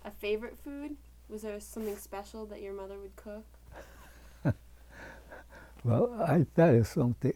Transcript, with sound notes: A favorite food? Was there something special that your mother would cook?
[laughs] Well, I'll tell you something.